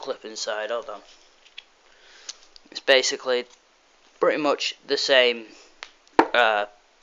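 A small plastic toy shield is handled next to an action figure, to be clipped onto the figure's arm or back peg, while someone talks. A few faint, sharp plastic ticks come between the speech around 1.5–2.6 seconds, but nothing has seated or clicked into place yet.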